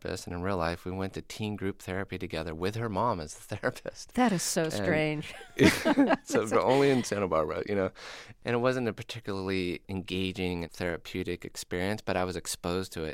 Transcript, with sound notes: And in real life, we went to teen group therapy together with her mom as the therapist (laughter).
That is so strange (laughter).
Only in Santa Barbara, you know? And it wasn't a particularly engaging therapeutic experience. But I was exposed to it